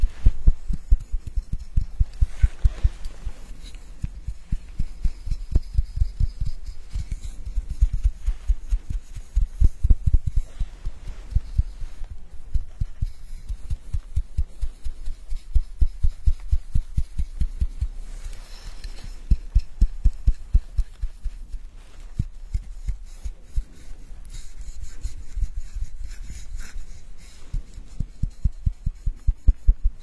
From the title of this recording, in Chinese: 沉浸式洗头体验 & 头皮按摩